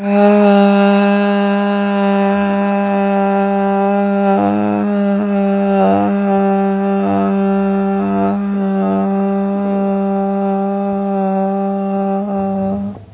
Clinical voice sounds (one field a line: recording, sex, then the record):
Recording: sustained vowel /a/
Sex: female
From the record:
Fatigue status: fatigue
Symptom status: symptomatic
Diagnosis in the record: COVID-19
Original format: 3gp